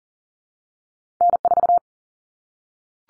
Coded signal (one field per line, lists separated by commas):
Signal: Morse code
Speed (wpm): 40 wpm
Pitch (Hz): 700 Hz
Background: none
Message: N4